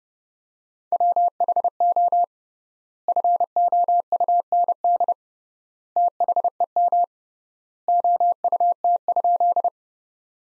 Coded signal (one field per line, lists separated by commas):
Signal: Morse code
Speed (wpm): 32 wpm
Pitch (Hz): 700 Hz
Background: none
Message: WHO FOUND THEM OUT?